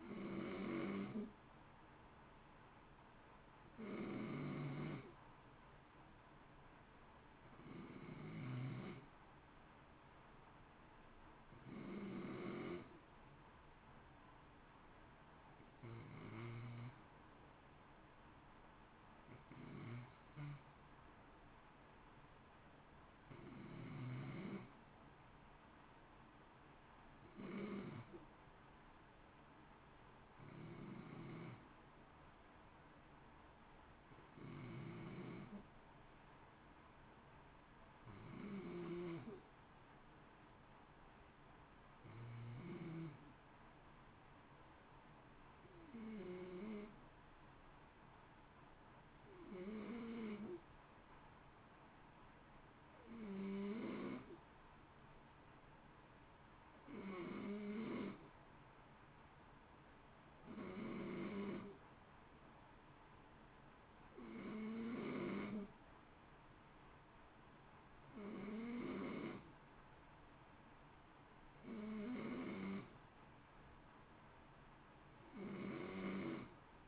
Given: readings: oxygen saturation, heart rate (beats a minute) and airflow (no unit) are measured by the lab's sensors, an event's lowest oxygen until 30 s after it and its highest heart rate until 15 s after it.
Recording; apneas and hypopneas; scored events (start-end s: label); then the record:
breathing in sleep by a voice recorder at the bedside; none
none scored
From the record:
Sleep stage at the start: N2 (light sleep); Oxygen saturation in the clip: 91 to 93%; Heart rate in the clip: 54 to 60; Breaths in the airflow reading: 26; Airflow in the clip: -0.7 to 0.7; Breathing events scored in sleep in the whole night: 328 in 6.3 hours asleep